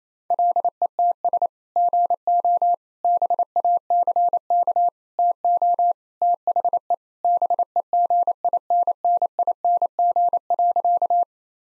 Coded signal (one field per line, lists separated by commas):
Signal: Morse code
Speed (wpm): 28 wpm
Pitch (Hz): 700 Hz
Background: none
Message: LETS GO BACK TO THE BEGINNING.